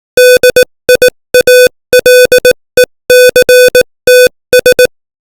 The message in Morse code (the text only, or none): DIALECTS